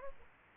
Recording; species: mosquito wingbeat signal from an infrared sensor; Aedes aegypti